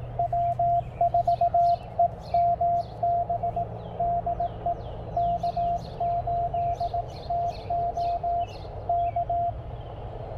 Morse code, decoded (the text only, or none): W4EMB DE K8TO K